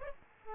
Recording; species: mosquito wingbeat signal from an infrared sensor; Aedes aegypti